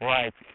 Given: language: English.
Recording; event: throat vibration sensor signal played as sound; speech